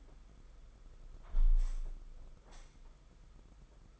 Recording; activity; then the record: daily activity, microphone in the room; close window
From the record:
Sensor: 5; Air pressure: 991.4 hPa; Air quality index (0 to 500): 104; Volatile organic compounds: 20 ppm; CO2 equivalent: 2705 ppm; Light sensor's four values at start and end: 39/125/47/51 and 39/125/47/50